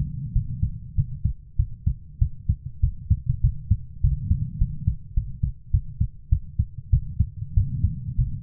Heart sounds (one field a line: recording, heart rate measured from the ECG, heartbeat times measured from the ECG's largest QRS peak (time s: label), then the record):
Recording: heart sounds by stethoscope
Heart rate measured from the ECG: 100 bpm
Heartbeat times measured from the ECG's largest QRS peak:
0.33 s: heartbeat
0.95 s: heartbeat
1.56 s: heartbeat
2.19 s: heartbeat
2.80 s: heartbeat
3.41 s: heartbeat
4.01 s: heartbeat
4.58 s: heartbeat
5.14 s: heartbeat
5.71 s: heartbeat
6.29 s: heartbeat
6.90 s: heartbeat
7.54 s: heartbeat
8.16 s: heartbeat
From the record:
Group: healthy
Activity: rest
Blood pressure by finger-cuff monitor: 132/82 mmHg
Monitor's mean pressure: 99 mmHg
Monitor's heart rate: 98 bpm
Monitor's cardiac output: 7.6 L/min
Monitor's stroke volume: 77 mL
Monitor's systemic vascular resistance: 980 dyn s/cm5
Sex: female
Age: 24 years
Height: 163 cm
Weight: 55.7 kg